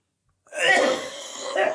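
A harsh, noisy cough burst from an adult man in a coughing fit, trailing into a rougher second effort.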